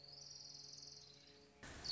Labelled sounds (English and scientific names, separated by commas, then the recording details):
Orange-crowned Warbler (Leiothlypis celata)
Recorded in Sonoma County, California